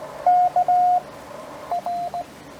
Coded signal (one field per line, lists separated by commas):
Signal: Morse code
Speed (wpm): 17 wpm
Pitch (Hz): 700 Hz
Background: radio noise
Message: K R